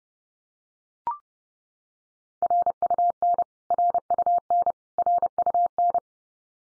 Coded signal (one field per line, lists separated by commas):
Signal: Morse code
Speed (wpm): 30 wpm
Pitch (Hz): 700 Hz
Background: none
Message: RUN RUN RUN